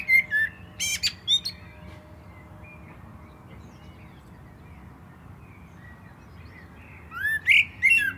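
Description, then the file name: Common blackbird song: a squeaky twittered phrase ending, several seconds of quiet, then a new phrase of mellow slurred whistles with high chattering notes. "Turdus merula"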